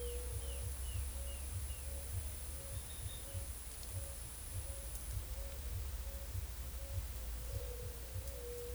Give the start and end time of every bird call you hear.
[0.00, 1.86] Pale-tipped Inezia (2.4-3.3 kHz)
[0.00, 8.75] Eared Dove (0.4-0.8 kHz)

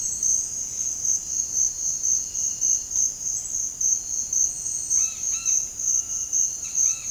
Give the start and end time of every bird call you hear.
[4.95, 7.11] Dusky-headed Parakeet (0.6-4.4 kHz)

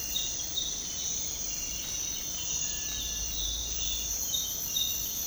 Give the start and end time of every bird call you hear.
[2.55, 3.27] Cinereous Tinamou (1.4-2.3 kHz)

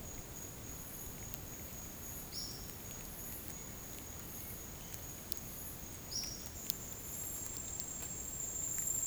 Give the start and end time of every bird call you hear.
[2.25, 2.51] Olive-faced Flatbill (4.0-6.3 kHz)
[3.42, 5.43] White-shouldered Antbird (1.4-3.0 kHz)
[6.03, 6.33] Olive-faced Flatbill (3.8-6.3 kHz)

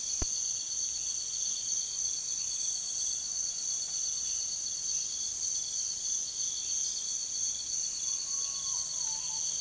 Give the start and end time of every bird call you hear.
[7.83, 9.60] Common Potoo (0.4-1.6 kHz)

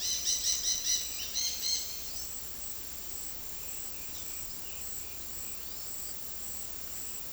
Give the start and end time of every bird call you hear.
[0.01, 1.99] Yellow-rumped Cacique (1.3-10.6 kHz)

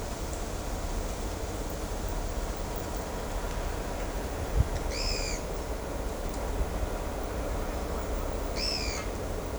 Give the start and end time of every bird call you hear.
[4.74, 5.38] Pale-eyed Pygmy Tyrant (1.7-10.4 kHz)
[8.53, 9.04] Pale-eyed Pygmy Tyrant (1.7-10.9 kHz)

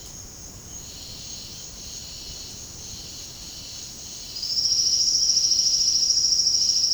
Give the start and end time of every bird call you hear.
[4.21, 6.94] Silvered Antbird (3.8-6.3 kHz)

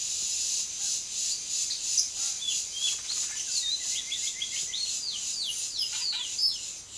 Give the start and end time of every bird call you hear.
[2.14, 6.98] Yellow-rumped Cacique (0.5-11.4 kHz)

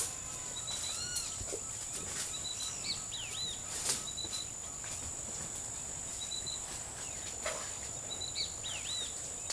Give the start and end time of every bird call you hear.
[0.83, 1.34] Great Kiskadee (0.9-5.8 kHz)
[2.80, 3.57] Great Kiskadee (2.0-5.0 kHz)
[8.31, 9.04] Great Kiskadee (2.1-4.8 kHz)

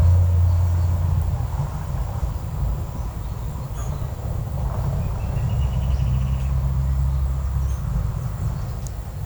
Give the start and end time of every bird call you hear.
[4.96, 6.58] Pygmy Antwren (1.5-3.6 kHz)

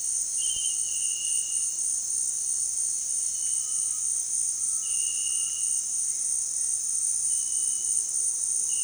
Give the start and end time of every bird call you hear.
[3.56, 4.08] Cinereous Tinamou (0.7-1.9 kHz)
[4.48, 5.72] Cinereous Tinamou (0.5-1.9 kHz)

